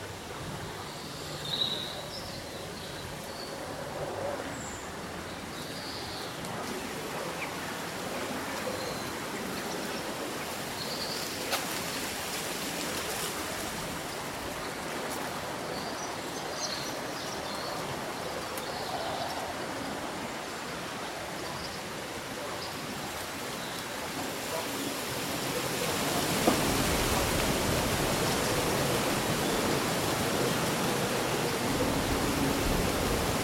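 On a windy summer day, leaves rustle in a steady, dense hiss, with small bird calls chirping faintly now and then. Around twenty-five seconds a stronger gust swells the rustling louder and fuller, holding there to the end.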